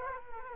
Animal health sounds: mosquito wingbeat signal from an infrared sensor; Culex quinquefasciatus

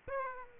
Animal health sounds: mosquito wingbeat signal from an infrared sensor; Aedes aegypti

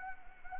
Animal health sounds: mosquito wingbeat signal from an infrared sensor; Anopheles arabiensis

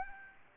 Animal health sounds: mosquito wingbeat signal from an infrared sensor; Aedes albopictus

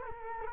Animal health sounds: mosquito wingbeat signal from an infrared sensor; Culex quinquefasciatus

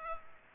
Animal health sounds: mosquito wingbeat signal from an infrared sensor; Culex pipiens

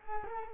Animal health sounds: mosquito wingbeat signal from an infrared sensor; Culex quinquefasciatus

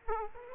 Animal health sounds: mosquito wingbeat signal from an infrared sensor; Culex quinquefasciatus

